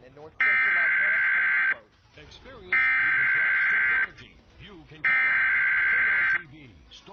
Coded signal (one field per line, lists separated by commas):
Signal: Emergency Alert System (SAME) tones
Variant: header bursts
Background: speech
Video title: PSA: Why you should never broadcast a Fake EAS